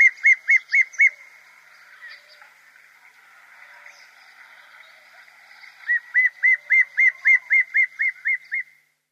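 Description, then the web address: Dark chanting goshawk calling, a run of clear whistled notes about four per second, pausing several seconds before a longer series resumes. Immature bird. "Schulze Peter Dark Chanting-Goshawk immature"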